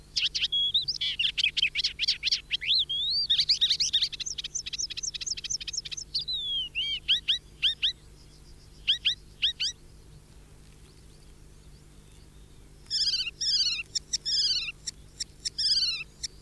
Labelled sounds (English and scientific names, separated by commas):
Icterine Warbler (Hippolais icterina) song